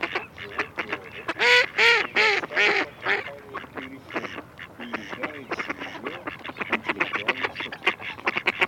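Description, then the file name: Mallard calls: a rapid series of harsh nasal quacks, loudest near two seconds, then a continuing irregular chatter of shorter quacks, several a second. "Кряква Germano"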